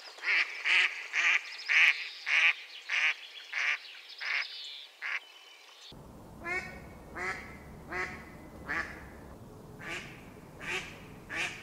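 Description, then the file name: Mallard giving a loud series of harsh quacks, followed after a sudden break by softer, regularly repeated quacks. "mallard duck sound"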